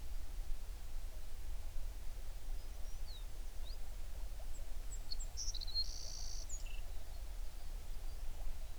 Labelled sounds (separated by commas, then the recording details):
songbird
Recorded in the Prudhoe Bay oil fields, Alaska, on 11 June 2019 at 04:43
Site 21